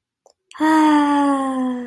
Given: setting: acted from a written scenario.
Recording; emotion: vocal sound without words; ecstasy